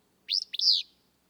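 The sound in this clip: Willow flycatcher uttering one crisp, buzzy, sneezing phrase with a quick accented start and a drawn-out rough ending, otherwise quiet.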